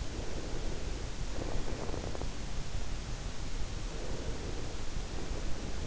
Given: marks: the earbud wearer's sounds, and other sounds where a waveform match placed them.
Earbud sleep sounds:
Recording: sounds in sleep by an in-ear microphone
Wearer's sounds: breath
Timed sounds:
0.15-2.25 s: breath
3.96-5.87 s: breath

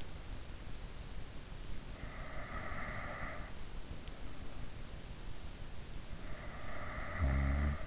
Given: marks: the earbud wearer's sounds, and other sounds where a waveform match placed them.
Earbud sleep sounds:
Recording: sounds in sleep by an in-ear microphone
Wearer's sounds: breath, snoring breath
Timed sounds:
2.22-3.62 s: breath
6.34-7.85 s: snoring breath

